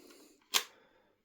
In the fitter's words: Ça ça clipse bien.